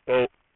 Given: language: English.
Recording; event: throat vibration sensor signal played as sound; speech